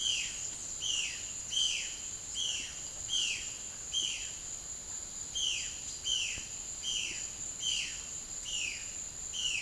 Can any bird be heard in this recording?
yes